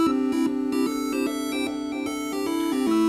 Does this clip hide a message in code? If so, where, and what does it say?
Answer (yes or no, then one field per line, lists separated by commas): no